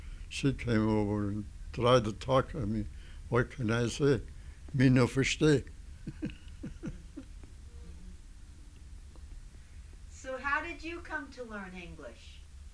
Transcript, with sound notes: She came over and tried to talk to me. What can I say? Me no versteh [Laughs]
So how did you come to learn English?